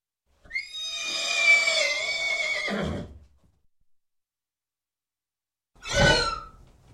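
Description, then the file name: Horse squeal: a long, harsh, high-pitched scream lasting over two seconds, then silence, followed by a second short, abrupt squeal burst. "Sound Ideas 2000 Series. Horse Squeal"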